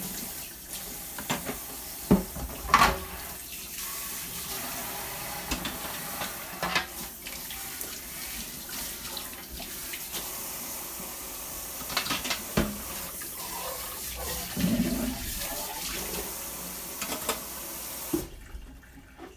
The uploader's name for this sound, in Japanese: お好み焼きを焼く